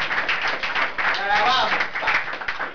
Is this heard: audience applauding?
yes